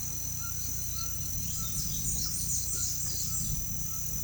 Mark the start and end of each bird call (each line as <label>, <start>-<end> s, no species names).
bird call, 0.27-4.24 s